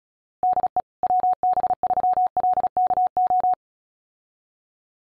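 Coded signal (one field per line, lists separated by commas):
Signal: Morse code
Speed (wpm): 37 wpm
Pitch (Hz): 740 Hz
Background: none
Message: DE WB3LKO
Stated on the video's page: High-speed QRQ CW training.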